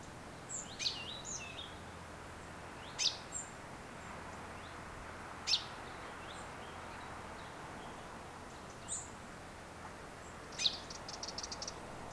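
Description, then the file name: Common chaffinch uttering single sharp metallic call notes at irregular intervals of a few seconds, with thin high chirps and a brief rapid ticking near the end. "Fringilla coelebs"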